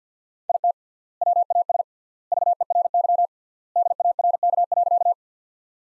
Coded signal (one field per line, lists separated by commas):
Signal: Morse code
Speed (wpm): 50 wpm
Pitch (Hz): 700 Hz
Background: none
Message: IT WAS VERY DARK.